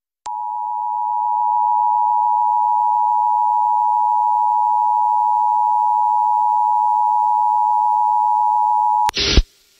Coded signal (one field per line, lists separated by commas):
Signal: Emergency Alert System (SAME) tones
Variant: 853 and 960 Hz attention tone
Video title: Severe Thunderstorm Warning on KAVX-FM (6/12/2023) (EAS #1928)